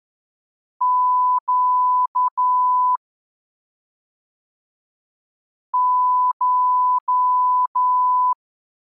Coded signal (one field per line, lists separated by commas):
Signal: Morse code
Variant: Russian alphabet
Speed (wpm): 11 wpm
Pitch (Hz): 1000 Hz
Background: none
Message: Щ Ш